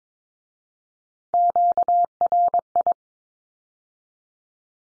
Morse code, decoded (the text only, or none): QRI